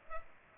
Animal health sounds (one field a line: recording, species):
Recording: mosquito wingbeat signal from an infrared sensor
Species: Culex pipiens